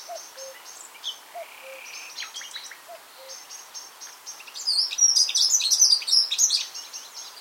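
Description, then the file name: Common nightingale song of varied chattering phrases and a smooth whistle, ending in a loud dense jumble, with low short notes in the background during the first half. "Luscinia megarhynchos"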